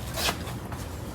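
A restored interior door panel on a Fox Body Mustang is handled against the door, hooked on at the top and pushed in and down so its plastic trim clips will snap into the door. A broad rustling scrape peaks around 0.2–0.3 s, followed by a brief sharper sound at 0.7 s. Nothing has seated or clicked yet.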